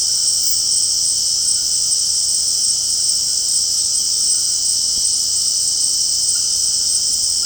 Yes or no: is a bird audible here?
no